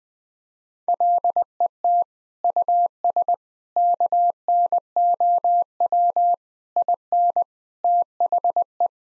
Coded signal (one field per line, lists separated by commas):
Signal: Morse code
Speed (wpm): 21 wpm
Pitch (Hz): 700 Hz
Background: none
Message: LET US KNOW IN THE